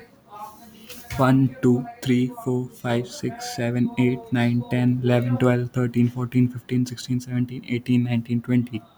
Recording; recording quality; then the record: counting at a normal pace; excellent, no background noise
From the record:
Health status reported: healthy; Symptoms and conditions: none ticked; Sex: male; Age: 19 years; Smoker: not ticked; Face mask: not worn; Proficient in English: yes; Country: India